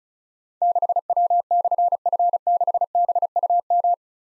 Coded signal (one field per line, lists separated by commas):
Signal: Morse code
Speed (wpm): 36 wpm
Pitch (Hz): 700 Hz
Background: none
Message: 6W/F6BUM